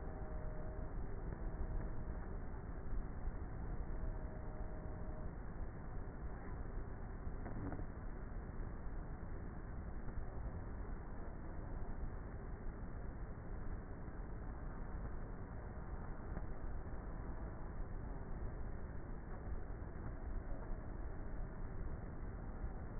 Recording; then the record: honeybee colony, microphone inside the hive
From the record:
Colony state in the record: queenless with a low population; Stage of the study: before two queens were removed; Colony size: about 30,000 bees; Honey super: no